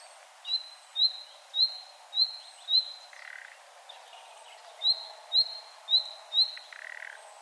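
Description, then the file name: Common nightingale whistling in two short series of rising notes, each series followed by a grating rasp. "Luscinia megarhynchos"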